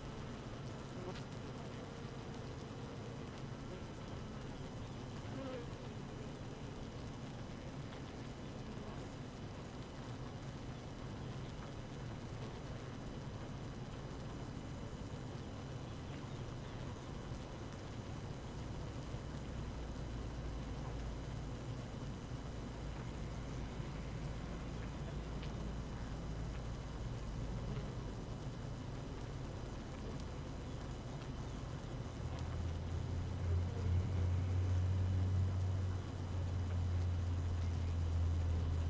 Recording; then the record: honeybee colony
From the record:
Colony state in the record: active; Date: 12 June 2018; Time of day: 6:23